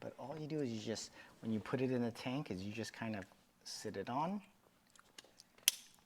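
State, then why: Seated. Someone talks while setting a SICCE Shark ADV internal canister filter body down onto its plastic wall mounting clamp inside the tank. A few faint taps from about 4.9 s build to a loud, sharp snap at 5.7 s as the filter clicks into place on the clamp and is held securely.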